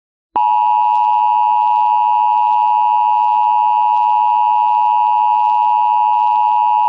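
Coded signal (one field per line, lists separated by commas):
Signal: Emergency Alert System (SAME) tones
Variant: 853 and 960 Hz attention tone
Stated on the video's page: Fictional mock tornado warning for a fictional county, state and country.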